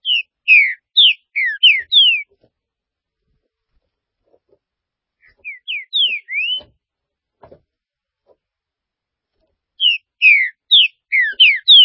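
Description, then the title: Green-winged saltator singing three phrases of rich, down-slurred whistles, each phrase a quick run of several notes separated by pauses of a few seconds. "Trinca Ferro"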